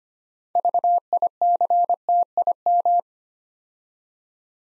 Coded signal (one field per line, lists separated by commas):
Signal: Morse code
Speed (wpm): 25 wpm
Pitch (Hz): 700 Hz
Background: none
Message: VICTIM